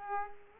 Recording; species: mosquito wingbeat signal from an infrared sensor; Aedes aegypti